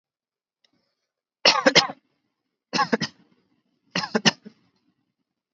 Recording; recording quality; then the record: shallow voluntary cough; excellent, no background noise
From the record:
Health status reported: healthy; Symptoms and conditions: none ticked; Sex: male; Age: 20 years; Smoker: not ticked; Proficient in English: yes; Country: India